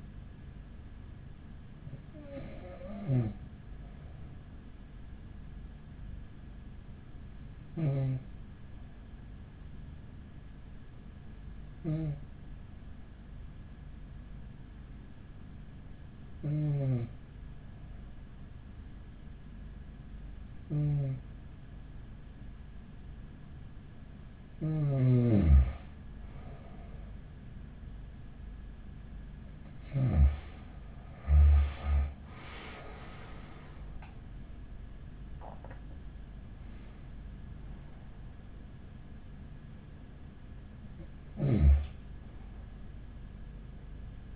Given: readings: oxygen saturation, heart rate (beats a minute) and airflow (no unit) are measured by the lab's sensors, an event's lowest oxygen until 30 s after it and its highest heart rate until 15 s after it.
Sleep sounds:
breathing in sleep by a smartphone at the bedside; 1
11.00-32.60 s: hypopnea (N2, oxygen 96% highest, then 94% lowest, heart rate 44 at the start, 59 highest)
From the record:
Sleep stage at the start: N2 (light sleep); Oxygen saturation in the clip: 93 to 96%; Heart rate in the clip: 41 to 59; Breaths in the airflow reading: 9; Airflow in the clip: -14.4 to 13.4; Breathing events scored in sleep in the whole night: 207 in 7.6 hours asleep

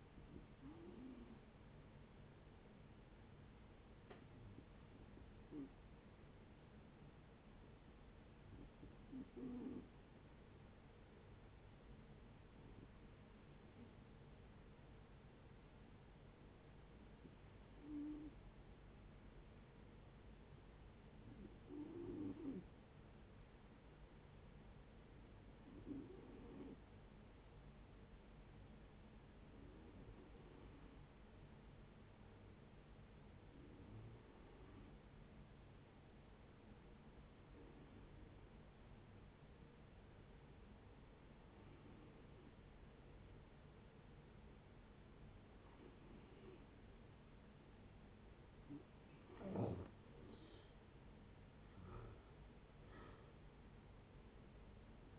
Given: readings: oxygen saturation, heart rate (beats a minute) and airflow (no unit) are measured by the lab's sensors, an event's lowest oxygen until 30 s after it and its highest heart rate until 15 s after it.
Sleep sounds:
breathing in sleep by a voice recorder at the bedside; 1
15.00-50.80 s: hypopnea (N2, oxygen 95% highest, then 86% lowest, heart rate 61 at the start, 68 highest)
From the record:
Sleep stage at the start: N2 (light sleep); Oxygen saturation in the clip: 88 to 96%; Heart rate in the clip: 58 to 66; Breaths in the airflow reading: 14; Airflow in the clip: -9.1 to 11.3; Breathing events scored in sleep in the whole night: 496 in 5.4 hours asleep

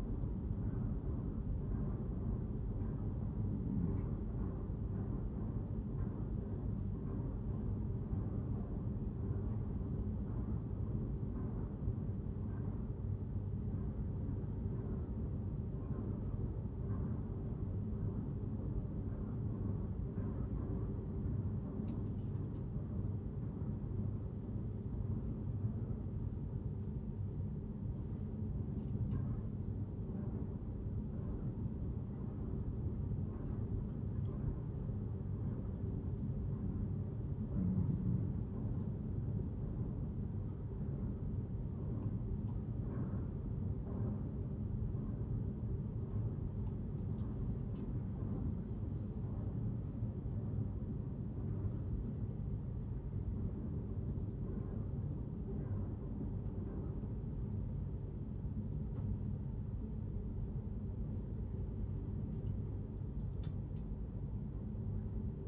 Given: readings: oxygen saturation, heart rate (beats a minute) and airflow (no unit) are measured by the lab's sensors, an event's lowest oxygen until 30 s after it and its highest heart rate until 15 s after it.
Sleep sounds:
breathing in sleep by a smartphone at the bedside; none
none scored
From the record:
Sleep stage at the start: N1 (lightest sleep); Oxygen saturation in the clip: 92 to 94%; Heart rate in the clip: 76 to 83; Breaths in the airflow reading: 13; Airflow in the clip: -4.3 to 4.7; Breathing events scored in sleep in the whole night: 131 in 7.2 hours asleep

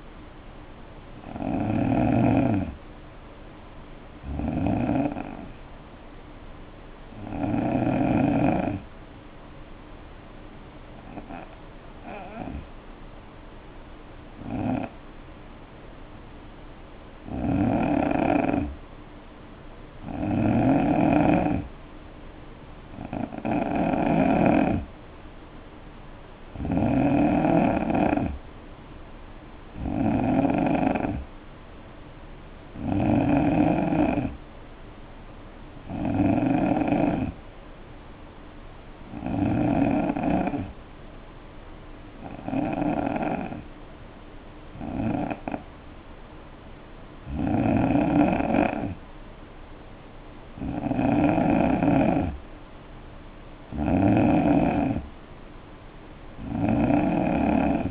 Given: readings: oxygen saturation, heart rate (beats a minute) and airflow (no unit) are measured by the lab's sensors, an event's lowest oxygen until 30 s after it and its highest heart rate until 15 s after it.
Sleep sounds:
breathing in sleep by a voice recorder at the bedside; 2
3.00-33.00 s: new sleep stage, N2 (light sleep)
11.00-25.90 s: hypopnea (N2, oxygen 91% highest, then 86% lowest, heart rate 60 at the start, 68 highest)
33.00-57.91 s: new sleep stage, N3 (deep sleep)
39.00-53.20 s: hypopnea (N3, oxygen 90% highest, then 87% lowest, heart rate 67 at the start, 69 highest)
From the record:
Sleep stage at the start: N3 (deep sleep); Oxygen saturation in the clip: 86 to 91%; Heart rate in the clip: 59 to 69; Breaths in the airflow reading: 17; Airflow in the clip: -5.3 to 3.2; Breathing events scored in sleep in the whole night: 520 in 7.2 hours asleep

